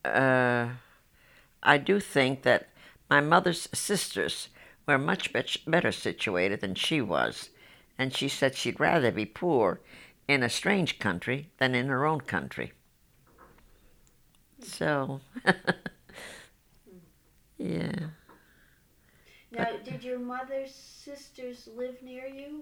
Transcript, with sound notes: I do think that my mother's sisters were much better situated than she was, and she said she'd rather be poor in a strange country than in her own country. So... ( she laughs )
Now, did your mother's sisters live near you?